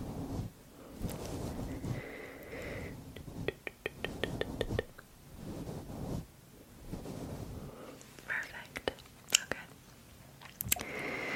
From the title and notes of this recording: ASMR Haircut & Eyebrow Trim.